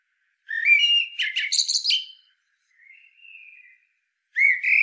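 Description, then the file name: Common blackbird song: a mellow warbled phrase ending in high squeaky notes, a soft quiet whistle, then the start of another fluty phrase. "Turdus merula"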